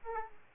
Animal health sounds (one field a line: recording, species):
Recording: mosquito wingbeat signal from an infrared sensor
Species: Aedes aegypti